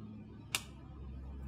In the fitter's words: And you know when it's done when you hear the second click. Which will happen any second now.